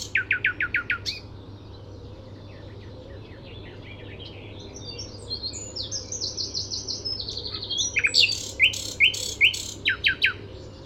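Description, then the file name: Common nightingale opens with a fast run of repeated notes, then soft scattered notes that build into loud, sharp repeated chips near the end; low background hum. "Luscinia megarhynchos"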